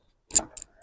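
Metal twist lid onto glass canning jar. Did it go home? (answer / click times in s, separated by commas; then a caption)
yes / 0.4 s, 0.6 s. A metal twist lid on a filled glass canning jar is turned backwards until its thread drops into place, before being screwed tight. Sharp clicks are heard at 0.4 s and 0.6 s, followed by fainter ticks. The lid thread seats into place.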